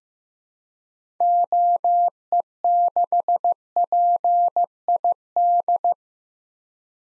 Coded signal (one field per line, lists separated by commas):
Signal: Morse code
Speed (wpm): 15 wpm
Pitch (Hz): 700 Hz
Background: none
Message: OE6PID